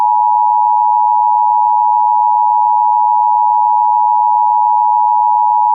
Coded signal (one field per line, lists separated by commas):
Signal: Emergency Alert System (SAME) tones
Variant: 853 and 960 Hz attention tone